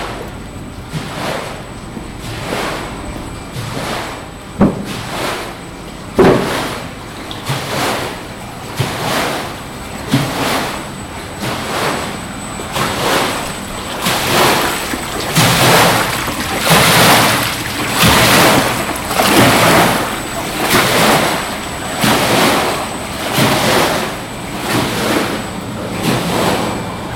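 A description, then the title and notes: Water sloshes and churns in a wave tank, with regular surging swells arriving roughly every second and growing louder and denser after the midpoint. A low mechanical hum runs underneath, a faint steady high whine persists throughout, and a few brief clanks occur early on. Sounds of UCL (joint 1st place): Mechanical Engineering wave tank. The ocean towing tank can reproduce the waves found in deep water. Controlled by computers that determine the size and frequency of the waves, panels push and pull hundreds of litres of water into a working model of the ocean.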